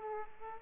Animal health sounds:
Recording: mosquito wingbeat signal from an infrared sensor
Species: Aedes aegypti

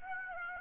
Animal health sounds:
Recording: mosquito wingbeat signal from an infrared sensor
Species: Aedes aegypti

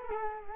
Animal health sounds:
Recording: mosquito wingbeat signal from an infrared sensor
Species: Culex quinquefasciatus

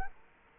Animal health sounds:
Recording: mosquito wingbeat signal from an infrared sensor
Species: Culex quinquefasciatus

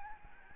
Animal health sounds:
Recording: mosquito wingbeat signal from an infrared sensor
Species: Aedes albopictus

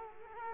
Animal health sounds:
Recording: mosquito wingbeat signal from an infrared sensor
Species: Culex quinquefasciatus

